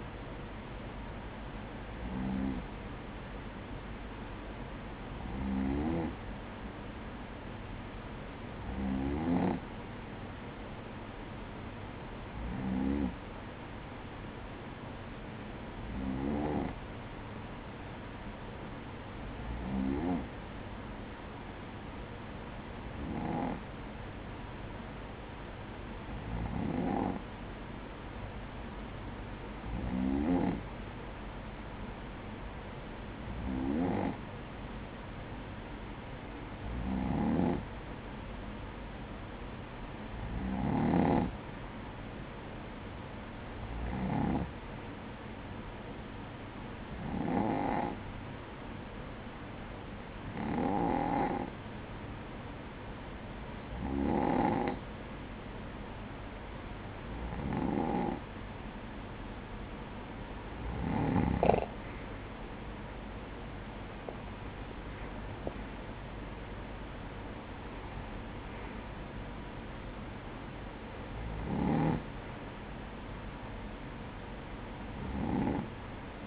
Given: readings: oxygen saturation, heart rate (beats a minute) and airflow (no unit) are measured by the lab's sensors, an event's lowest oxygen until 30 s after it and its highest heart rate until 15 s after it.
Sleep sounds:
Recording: breathing in sleep by a voice recorder at the bedside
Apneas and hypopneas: none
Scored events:
none scored
From the record:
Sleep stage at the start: N2 (light sleep)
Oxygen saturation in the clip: 94 to 95%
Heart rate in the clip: 56 to 64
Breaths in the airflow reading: 21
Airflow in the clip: -10.7 to 8.4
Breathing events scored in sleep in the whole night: 180 in 6.7 hours asleep

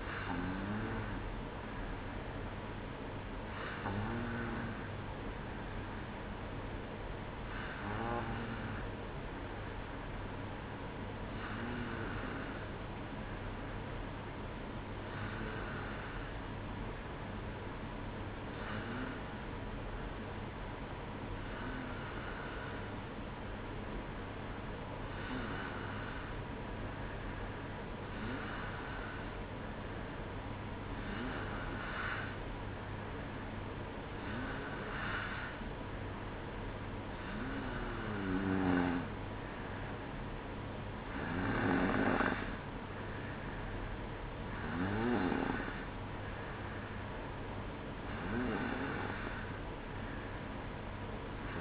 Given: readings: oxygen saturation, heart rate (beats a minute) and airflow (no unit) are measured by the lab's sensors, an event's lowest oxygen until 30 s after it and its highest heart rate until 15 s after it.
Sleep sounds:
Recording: breathing in sleep by a voice recorder at the bedside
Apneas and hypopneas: none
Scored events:
4.00-51.61 s: new sleep stage, N2 (light sleep)
From the record:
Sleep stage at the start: N1 (lightest sleep)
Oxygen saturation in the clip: 93 to 95%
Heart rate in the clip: 57 to 62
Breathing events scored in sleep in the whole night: 305 in 9.6 hours asleep

